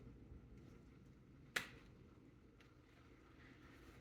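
A VR controller is pushed into a 3D-printed table tennis paddle adapter, with one side supported because the plastic can break. A single sharp click at 1.6 s shows it has seated, followed by a much fainter tick at 2.6 s over a low background hum.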